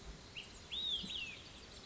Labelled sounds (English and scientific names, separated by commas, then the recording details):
Olive-sided Flycatcher (Contopus cooperi)
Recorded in Sonoma County, California